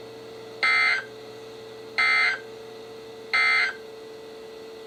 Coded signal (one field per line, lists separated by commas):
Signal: Emergency Alert System (SAME) tones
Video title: EAS #921-#929: Spook Month Rain Showers | KHB36